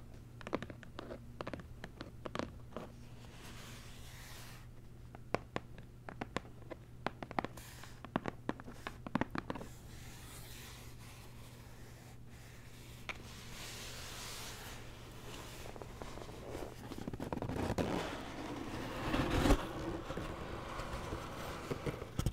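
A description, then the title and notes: Unboxing a zen garden: sharp clicks and taps for ten seconds, then louder rustling and scraping, over a steady low hum. ASMR Icnbuys Zen Garden Unboxing No Talking.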